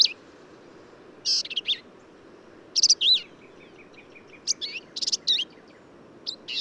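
Black-capped vireo song: scratchy bursts and looping whistled notes in quick varied phrases, with soft trailing notes between them.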